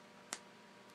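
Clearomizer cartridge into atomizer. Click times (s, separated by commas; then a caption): 0.3 s. A CE5 clearomizer cartridge is lined up by its flat faces with the flat faces on an eGo-T atomizer and pushed home. A short, sharp pop at 0.3 s stands out over a quiet, steady hiss. The pop shows the cartridge has seated correctly.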